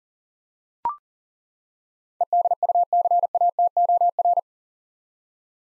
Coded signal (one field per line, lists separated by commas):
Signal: Morse code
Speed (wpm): 40 wpm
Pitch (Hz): 700 Hz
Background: none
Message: EDUCATOR